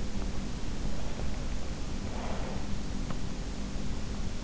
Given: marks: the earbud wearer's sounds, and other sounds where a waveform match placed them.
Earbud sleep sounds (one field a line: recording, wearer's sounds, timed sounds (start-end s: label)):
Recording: sounds in sleep by an in-ear microphone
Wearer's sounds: breath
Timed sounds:
0.98-3.19 s: breath